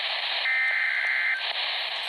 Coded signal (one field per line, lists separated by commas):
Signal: Emergency Alert System (SAME) tones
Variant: header bursts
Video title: Tornado Warning [EAS #64]